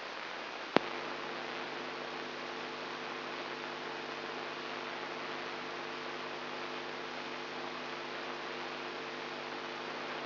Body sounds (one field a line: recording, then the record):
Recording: brain microelectrode recording played as sound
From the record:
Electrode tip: inside the subthalamic nucleus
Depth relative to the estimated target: 0 mm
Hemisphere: left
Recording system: AlphaMap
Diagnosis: Parkinson's disease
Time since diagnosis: 14 years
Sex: female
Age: 63 years